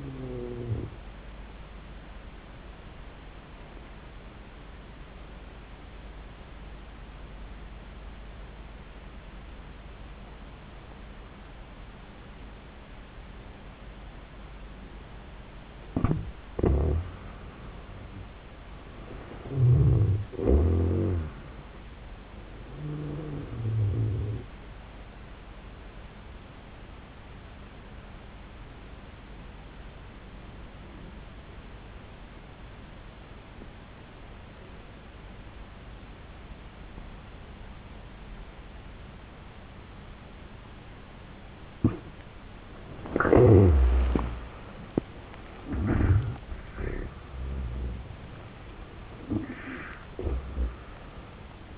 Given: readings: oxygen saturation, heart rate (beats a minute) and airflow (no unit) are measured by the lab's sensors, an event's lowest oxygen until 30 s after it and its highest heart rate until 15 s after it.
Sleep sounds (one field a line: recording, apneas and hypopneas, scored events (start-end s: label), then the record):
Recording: breathing in sleep by a voice recorder at the bedside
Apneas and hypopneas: 2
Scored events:
4.00-15.90 s: obstructive apnea (N1, oxygen 93% highest, then 87% lowest)
29.00-44.00 s: obstructive apnea (N1, oxygen 95% highest, then 81% lowest)
From the record:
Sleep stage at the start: N1 (lightest sleep)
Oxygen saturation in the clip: 86 to 95%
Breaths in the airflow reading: 7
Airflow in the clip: -22.3 to 22.9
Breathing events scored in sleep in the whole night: 400 in 8.7 hours asleep